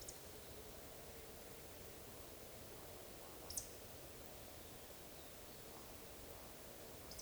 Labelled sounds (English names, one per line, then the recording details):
Eurasian Woodcock whistle
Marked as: whistle, whistle, whistle
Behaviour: display flight
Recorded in Baden-Württemberg, Germany, on 11 June 2020 at 20:10 UTC
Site 41501, 195 m above sea level